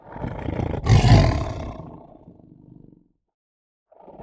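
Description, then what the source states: Tiger growl: one long, deep, gravelly growl that builds to a peak and trails off, then a fresh growl starts just before the end. Tense growl.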